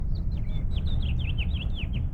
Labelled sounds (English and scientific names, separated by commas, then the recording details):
House Finch (Haemorhous mexicanus) song
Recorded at North Valley Stream on Long Island, New York, on 17 June 1975
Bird E